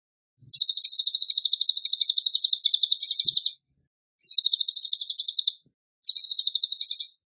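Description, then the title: Songbird trills, three high, dry, rapidly pulsed bursts, the first about three seconds long and the others shorter. Training (master) recording for caged songbirds, featuring the lively "tembakan gacor" singing style. "Masteran Burung Tembakan Gacor"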